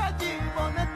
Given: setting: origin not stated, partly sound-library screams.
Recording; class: one-second piece from a danger detection set; normal situation